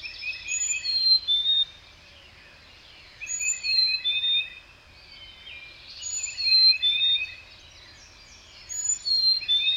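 Bird song of high sweet whistles and chattering trills in phrases separated by short quiet gaps, with soft background hum.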